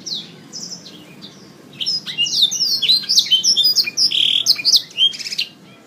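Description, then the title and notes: Oriental magpie-robin song: a soft opening, then a rich, fast, varied run of whistled, slurred and buzzy phrases, rising and falling, fading at the end. "Kicau Kacer. kiccau"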